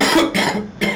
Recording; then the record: coughing mixed with background sound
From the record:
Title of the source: Man Coughing Sound - Wet Cough Sound Effect